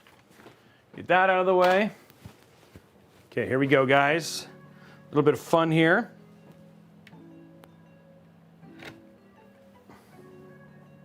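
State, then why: Not seated. Someone talks while handling a PC component over a motherboard with a white PCB during an ASUS TUF GT502 Horizon PC build, with a steady low tonal hum underneath. A few faint ticks and taps are heard near 7.1, 7.6 and 8.8 seconds. The component has not seated or clicked into the motherboard yet.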